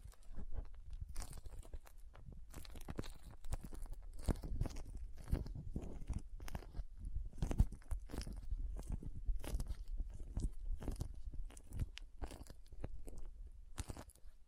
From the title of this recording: Soft Squishy Sticky, Crinkle, Cutting Sounds